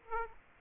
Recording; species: mosquito wingbeat signal from an infrared sensor; Aedes aegypti